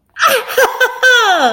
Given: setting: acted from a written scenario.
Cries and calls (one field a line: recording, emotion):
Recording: vocal sound without words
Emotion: triumph